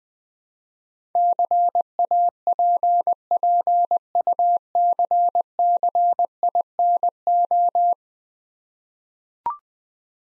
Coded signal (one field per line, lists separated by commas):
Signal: Morse code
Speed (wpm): 21 wpm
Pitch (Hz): 700 Hz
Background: none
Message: CAPPUCCINO